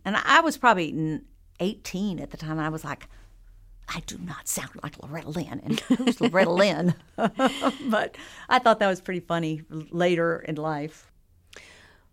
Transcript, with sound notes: And I was probably 18 at the time. And I was like, I do not sound like Loretta Lynn.
(Laughter).
And who's Loretta Lynn (laughter)? But I thought that was pretty funny later in life.